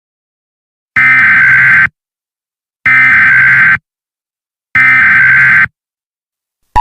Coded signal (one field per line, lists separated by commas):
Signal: Emergency Alert System (SAME) tones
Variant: header bursts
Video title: EAS Scenario: Black Hole(2 year anniversary!)